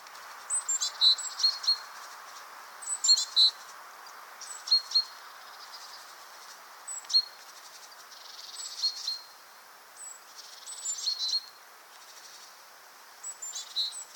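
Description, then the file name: Great tit giving sharp metallic notes paired with short buzzy rattles and high thin squeaks, repeated in irregular bursts throughout, with low steady hiss behind. "Parus major"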